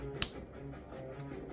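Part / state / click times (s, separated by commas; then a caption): folding plastic limb part on a transforming action figure / seated / 0.2 s. A plastic limb part on a Beast Wars Silverbolt Legacy United transforming action figure is folded forward during transformation until it locks. A single sharp, bright click sounds at 0.2 s over a quiet background, and the part snaps firmly into place.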